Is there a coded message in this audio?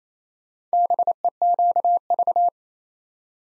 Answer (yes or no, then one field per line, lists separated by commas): yes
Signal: Morse code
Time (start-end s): 0.7-2.5 s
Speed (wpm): 27 wpm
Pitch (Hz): 700 Hz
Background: none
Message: BEQV